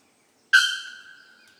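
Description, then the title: Unidentified bird call: a single strong, clear note with rich overtones, starting abruptly and slowly fading out. Birds singing in tropical forest on Ilha Grande, Brazil; species not identified. "Oiseaux à Ilha grande"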